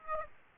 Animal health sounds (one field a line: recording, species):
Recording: mosquito wingbeat signal from an infrared sensor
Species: Aedes aegypti